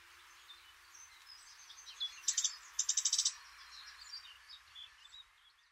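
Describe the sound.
Cetti's warbler heard as two fainter, short bursts of rapid, high repeated notes over soft scattered calls.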